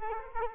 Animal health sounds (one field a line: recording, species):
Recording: mosquito wingbeat signal from an infrared sensor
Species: Culex quinquefasciatus